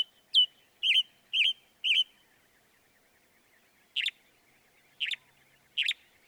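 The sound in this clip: Northern mockingbird song: a quick series of four slurred chirps, then, after a pause, three harsher, spaced notes.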